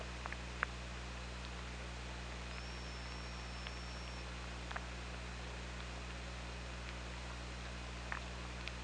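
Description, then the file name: Killer whale whistle: one thin, nearly level high whistle held for almost two seconds, amid scattered sharp clicks over steady hiss and low hum. Underwater hydrophone at OrcaLab, 24 August 2017, 10:47. "Orca Lab 20170824 104705"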